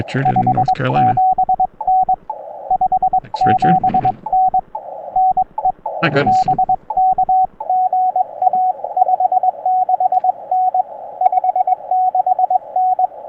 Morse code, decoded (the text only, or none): 57N 57N NE BK GA 56N 56N